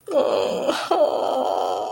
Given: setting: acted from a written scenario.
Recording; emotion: vocal sound without words; disappointment